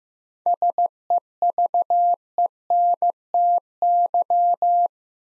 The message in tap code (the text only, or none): none